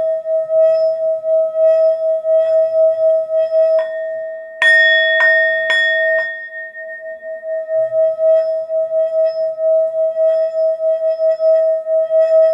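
A Tibetan singing bowl rings with a steady, pure tone and a softly pulsing wobble, its overtones hanging throughout. Around four to six seconds, several sharp metallic strikes ring out bright over the hum, then the bowl settles back into its even, shimmering drone.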